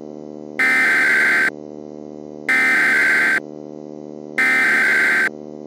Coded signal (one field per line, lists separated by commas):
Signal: Emergency Alert System (SAME) tones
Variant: header bursts